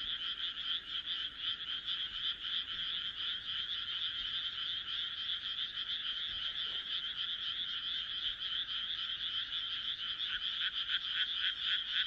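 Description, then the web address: Frogs calling in a dense chorus, rapid rasping croaks overlapping into a continuous high pulsing drone with no pause throughout. "kaeru kaeru"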